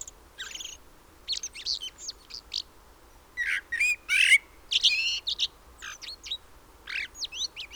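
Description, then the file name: Common blackbird calls: sharp, high chirps and scratchy twitters in irregular bursts, loudest near the middle, with quiet background hiss. "Turdus merula"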